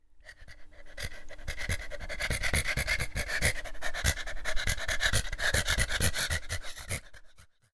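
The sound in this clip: Dog panting, rapid breaths about two per second, steady throughout before stopping near the end.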